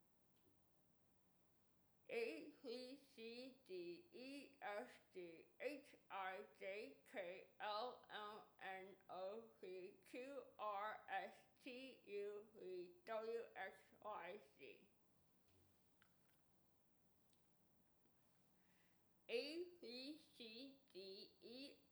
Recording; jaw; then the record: letters of the alphabet, spoken; constrained by a bite bar between the teeth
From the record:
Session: first day, right after the free take